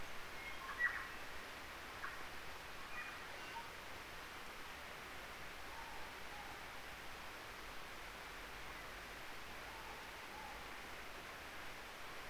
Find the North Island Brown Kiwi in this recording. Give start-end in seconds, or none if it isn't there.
none